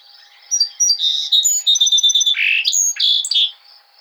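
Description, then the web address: Song sparrow song: a few separate introductory notes, then a rapid buzzy trill and a jumble of varied high chirps, ending in a short burst of notes. Recorded 17 June 2007. "Song Sparrow 2007 06 17"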